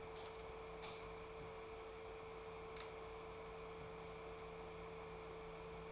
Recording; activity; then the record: daily activity, microphone in the room; light off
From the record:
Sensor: 1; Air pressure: 1014.6 hPa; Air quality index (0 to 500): 174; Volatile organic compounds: 14 ppm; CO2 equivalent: 2467 ppm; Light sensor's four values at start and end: 29/78/31/36 and 27/67/28/33